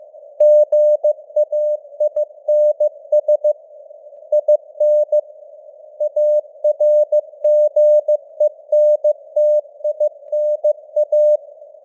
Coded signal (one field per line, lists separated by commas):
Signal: Morse code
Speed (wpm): 15 wpm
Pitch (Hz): 600 Hz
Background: none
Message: GAINS IN ARGENTINA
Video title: Morse Code News | 2025-10-27 | 15wpm